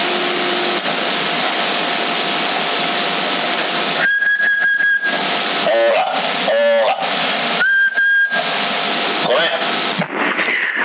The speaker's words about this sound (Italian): poi prova a fischiare.